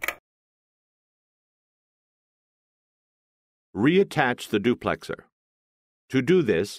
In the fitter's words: Close the duplexer until the tabs on both sides of the duplexer snap into place.